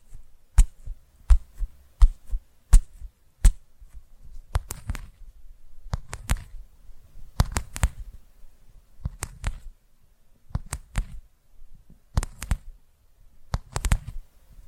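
Tapping sounds with sharp, crisp attacks, evenly spaced during the first few seconds at roughly one tap every 0.7 seconds. After that the taps come in irregular clusters of two or three. A soft low rumble sits under each tap, with near silence between.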